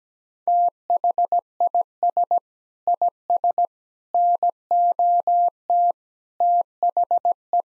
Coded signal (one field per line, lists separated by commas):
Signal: Morse code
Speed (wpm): 17 wpm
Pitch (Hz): 700 Hz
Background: none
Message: THIS IS NOT THE